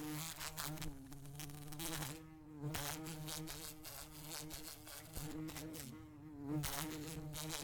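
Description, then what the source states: Wasp buzzing, a rich humming drone that wavers in pitch, fading briefly twice before surging back louder. Wasp buzzing while flying around.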